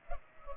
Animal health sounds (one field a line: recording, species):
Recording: mosquito wingbeat signal from an infrared sensor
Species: Culex pipiens